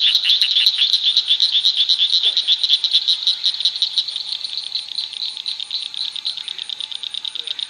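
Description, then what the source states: Blanchard's cricket frog calling: rapid, high, dry clicks repeated in a dense, pulsing series, several per second. Arkansas.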